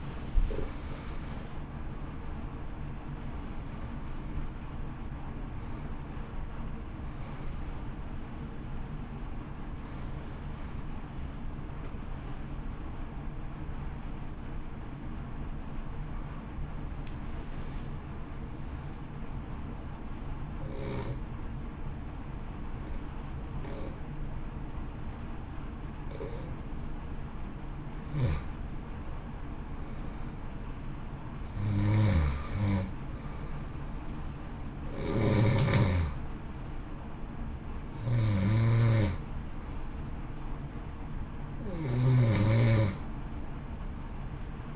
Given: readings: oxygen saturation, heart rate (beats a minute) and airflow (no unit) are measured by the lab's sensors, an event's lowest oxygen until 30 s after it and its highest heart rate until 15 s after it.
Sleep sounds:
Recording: breathing in sleep by a smartphone at the bedside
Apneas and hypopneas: 1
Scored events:
14.00-30.20 s: hypopnea (N1, oxygen 93% highest, then 86% lowest, heart rate 62 at the start, 64 highest)
From the record:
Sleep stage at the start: N1 (lightest sleep)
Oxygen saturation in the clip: 86 to 93%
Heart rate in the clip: 57 to 69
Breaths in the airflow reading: 13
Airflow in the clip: -2.0 to 1.3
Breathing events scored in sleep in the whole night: 328 in 6.3 hours asleep

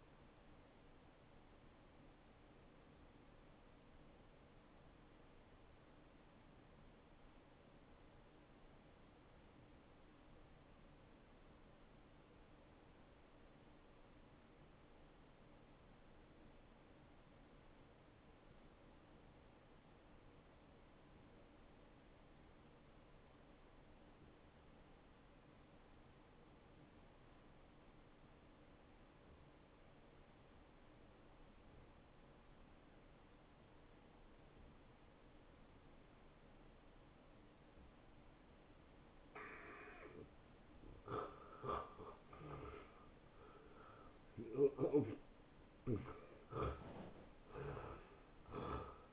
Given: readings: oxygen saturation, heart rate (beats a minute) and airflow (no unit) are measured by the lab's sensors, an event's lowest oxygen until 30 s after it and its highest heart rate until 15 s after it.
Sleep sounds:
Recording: breathing in sleep by a voice recorder at the bedside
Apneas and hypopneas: 1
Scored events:
3.00-39.60 s: obstructive apnea (N1, oxygen 95% highest, then 83% lowest)
13.00-43.00 s: new sleep stage, N2 (light sleep)
43.00-49.13 s: new sleep stage, N1 (lightest sleep)
From the record:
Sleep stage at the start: N1 (lightest sleep)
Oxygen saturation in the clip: 82 to 95%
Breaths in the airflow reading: 4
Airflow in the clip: -17.2 to 10.5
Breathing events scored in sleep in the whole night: 263 in 5.5 hours asleep

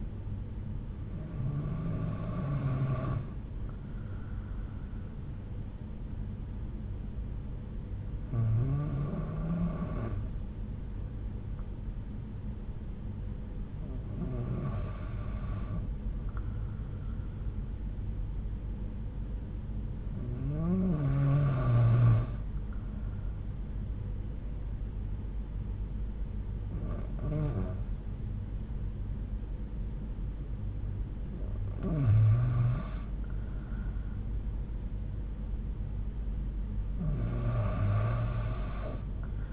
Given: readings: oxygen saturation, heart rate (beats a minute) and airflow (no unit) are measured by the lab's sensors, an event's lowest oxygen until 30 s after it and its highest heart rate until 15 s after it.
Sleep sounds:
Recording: breathing in sleep by a smartphone at the bedside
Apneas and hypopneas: 1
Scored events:
5.00-33.30 s: hypopnea (REM, oxygen 95% highest, then 91% lowest)
From the record:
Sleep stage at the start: REM sleep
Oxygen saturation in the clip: 93 to 96%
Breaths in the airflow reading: 7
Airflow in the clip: -6.0 to 7.9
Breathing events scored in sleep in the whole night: 368 in 8.0 hours asleep

